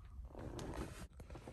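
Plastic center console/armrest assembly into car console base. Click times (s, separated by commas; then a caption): 0.6 s. A new plastic armrest and center console assembly for a G35 is pressed down onto the car's console base so its plastic clips pop into place. Amid rustling and scraping handling noise, a sharp snap at 0.6 s marks the clips seating. The trim sits firmly in place.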